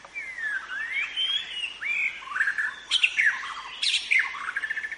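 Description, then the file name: White-rumped shama singing a melodious run of slurred whistles, followed by harsh scratchy notes and rapid chatters near the end. In forest. "suara muraibatu hutan omkicau"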